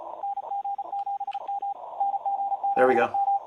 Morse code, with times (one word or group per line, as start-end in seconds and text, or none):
0.2-1.7 NG7M
2.0-3.4 NG7M